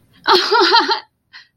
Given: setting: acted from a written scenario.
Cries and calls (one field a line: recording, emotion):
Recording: vocal sound without words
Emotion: amusement